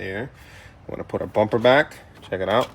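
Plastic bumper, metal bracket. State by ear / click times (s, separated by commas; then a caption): not seated / none. A car bumper edge is being handled at a quick release bracket while someone talks. Nothing has seated or clicked yet.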